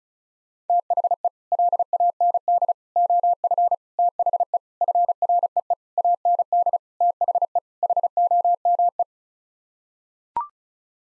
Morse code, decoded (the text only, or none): THE LAND OF THE FREE AND THE HOME